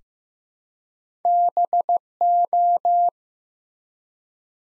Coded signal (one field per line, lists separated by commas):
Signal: Morse code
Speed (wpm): 15 wpm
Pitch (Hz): 700 Hz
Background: none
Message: BO